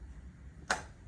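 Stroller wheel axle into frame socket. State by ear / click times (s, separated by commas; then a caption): seated / 0.7 s. A Jeep Unlimited Range Jogger stroller's wheel axle, after a first attempt gave no click, is pushed again into the plastic frame socket. A single sharp tick sounds at 0.7 s over a quiet low background, and the wheel is seated in the frame.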